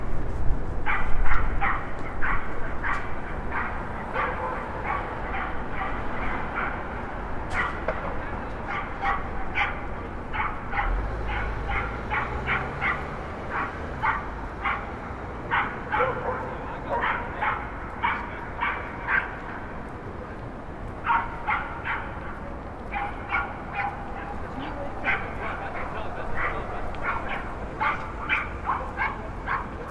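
From a Brooklyn rooftop, a dog barks in quick, steady bursts throughout, over a constant low city rumble with faint voices.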